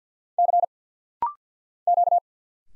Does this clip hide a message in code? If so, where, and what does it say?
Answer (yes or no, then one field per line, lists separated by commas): yes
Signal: Morse code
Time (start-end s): 0.4-2.2 s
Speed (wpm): 50 wpm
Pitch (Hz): 700 Hz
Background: none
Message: C Q